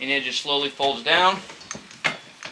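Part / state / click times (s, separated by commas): table saw folding stand lock mechanism / not seated / none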